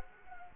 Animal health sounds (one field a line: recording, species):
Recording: mosquito wingbeat signal from an infrared sensor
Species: Culex quinquefasciatus